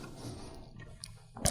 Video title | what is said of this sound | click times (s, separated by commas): Strobepro Vice Grip Clamps | so again just tighten that down it's going to lock into place | 1.5 s